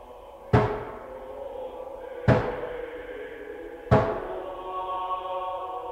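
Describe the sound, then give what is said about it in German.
Three loud, heavy knocks on a door, spaced about one and a half seconds apart, each a sharp booming thud followed by a lingering ringing resonance. No voices accompany them. “Wer klopft?”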